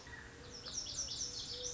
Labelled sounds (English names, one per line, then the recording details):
Lazuli Bunting
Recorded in Sonoma County, California